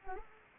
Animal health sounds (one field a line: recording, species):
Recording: mosquito wingbeat signal from an infrared sensor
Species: Anopheles arabiensis